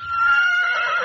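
Horse whinny: a brief, sustained high neigh with rich harmonics, held fairly steady and wavering slightly toward the end.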